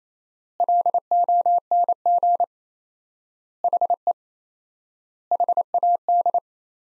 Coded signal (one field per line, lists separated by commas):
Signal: Morse code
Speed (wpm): 28 wpm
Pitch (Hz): 700 Hz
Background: none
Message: LONG HE HAD